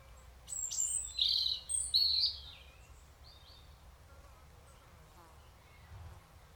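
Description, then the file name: European robin calls: a few thin, high whistled and squeaky notes clustered near the start, then quiet with low background rumble. "Erithacus rubecula"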